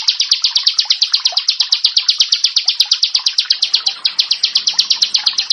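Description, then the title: Bar-winged prinia song: a fast, steady series of sharp high chips, continuing throughout. "Ciblek Sawah"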